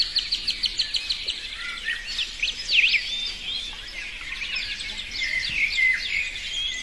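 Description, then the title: Birds singing, a run of quick sharp chips at the start, then a mix of whistled notes, trills and chirps from several birds. In a forest. "森林鸟鸣声"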